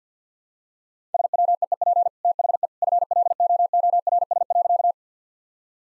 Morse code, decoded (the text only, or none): SWEEP THE FLOORS.